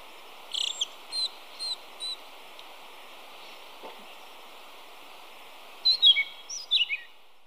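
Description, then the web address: Pale-eyed thrush giving four short high notes spaced about half a second apart, then a pause and a cluster of sharp descending whistles. Ecuador. "Birds of Ecuador. Pale-eyed Thrush"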